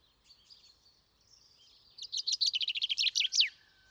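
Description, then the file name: Common chaffinch song: soft, thin notes lead into one loud, rapid trilled phrase of about a dozen notes that ends in a quick descending flourish. "Fringilla coelebs"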